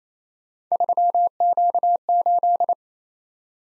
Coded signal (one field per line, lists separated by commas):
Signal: Morse code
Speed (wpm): 27 wpm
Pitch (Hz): 700 Hz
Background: none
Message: 3Q8